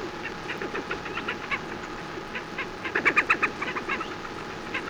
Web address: birdsong Slavonian